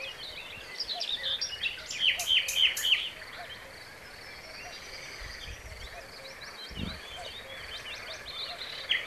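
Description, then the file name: Common nightingale song: a loud phrase of sharp, rapid notes early on, followed by quieter, scattered notes. "Luscinia megarhynchos"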